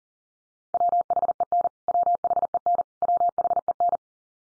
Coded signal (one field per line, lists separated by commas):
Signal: Morse code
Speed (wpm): 40 wpm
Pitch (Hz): 700 Hz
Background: none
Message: WHEN WHEN WHEN